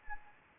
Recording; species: mosquito wingbeat signal from an infrared sensor; Anopheles gambiae